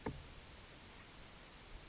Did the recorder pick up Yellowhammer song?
no